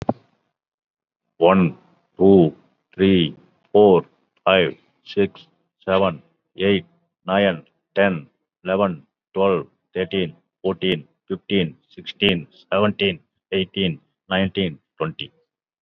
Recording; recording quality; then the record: counting at a normal pace; excellent, no background noise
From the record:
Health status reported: COVID-19 positive, mild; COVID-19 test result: positive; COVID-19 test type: RT-PCR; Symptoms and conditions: cough, hypertension, diabetes, another condition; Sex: male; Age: 59 years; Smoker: no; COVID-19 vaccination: one dose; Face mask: not worn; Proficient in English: yes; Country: India